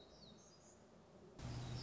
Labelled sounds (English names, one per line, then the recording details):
Black-throated Gray Warbler
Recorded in Sonoma County, California